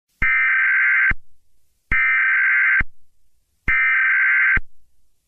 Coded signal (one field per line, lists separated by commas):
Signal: Emergency Alert System (SAME) tones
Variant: header bursts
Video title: Angry EAS